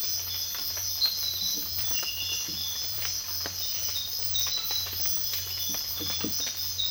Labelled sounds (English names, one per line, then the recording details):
none
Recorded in secondary vegetation near Puerto Asís, Putumayo, Colombia, on 8 March 2025 at 05:30
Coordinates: 0.498, -76.327
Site G001